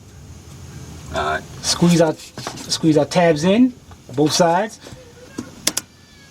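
Someone talks while squeezing the tabs on both sides of a plastic fuel line quick-connector on the fuel tank line of a Chevy Tahoe, GMC Yukon or Cadillac Escalade, which sits on a metal fuel line. A sharp click at 5.7 s marks the connector releasing, and the line is then pulled off the metal line.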